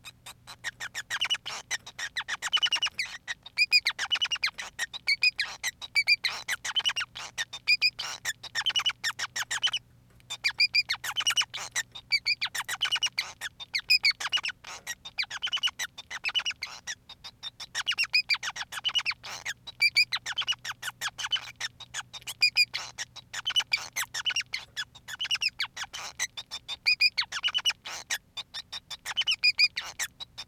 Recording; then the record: song of a male Bengalese finch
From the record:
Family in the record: son of father 5